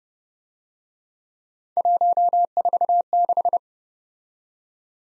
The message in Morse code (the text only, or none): 146